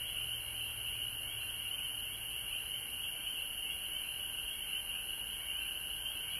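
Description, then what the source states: Frog chorus, many callers blending into an unbroken high-pitched trill that holds steady throughout, with a faint low hum early on. Frogs recorded at home in Georgia on March 19, 2020.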